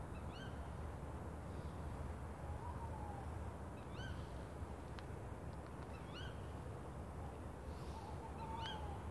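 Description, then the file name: Bird calls: four short, bright notes given singly at irregular intervals, over a steady low rumble. "ukjent fugl"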